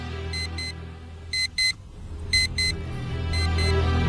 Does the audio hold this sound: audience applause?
no